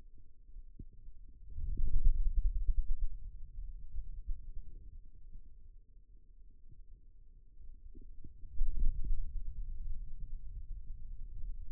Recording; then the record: forearm muscle sounds (acoustic myography)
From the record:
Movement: ulnar deviation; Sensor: system 2, bracelet of six BSWA MPA416 microphones around the upper forearm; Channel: 4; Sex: male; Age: 22 years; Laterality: right